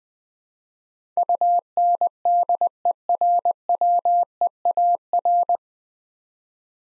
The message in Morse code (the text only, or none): UNDERWEAR